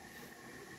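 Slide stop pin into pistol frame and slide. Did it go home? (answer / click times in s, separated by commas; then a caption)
no / none. During reassembly of a KJW 1911 airsoft pistol that runs on green gas and CO2, the slide is lined up and the metal slide stop pin is pushed through the frame and slide. Only a steady, even, broadband noise with a faint constant high tone is heard, with no sharp hits. The pin has not clicked or seated yet.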